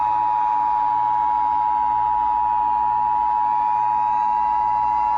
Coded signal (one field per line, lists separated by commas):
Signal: Emergency Alert System (SAME) tones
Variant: 853 and 960 Hz attention tone